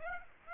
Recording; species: mosquito wingbeat signal from an infrared sensor; Aedes aegypti